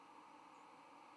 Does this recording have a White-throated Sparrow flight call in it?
no